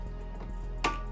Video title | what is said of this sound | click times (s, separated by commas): Interior Removal & Detail Pt 1 Grand Caravan Town & Country | gently you'll kind of hear a pop as it goes along and you'll just work your way down it | 0.9 s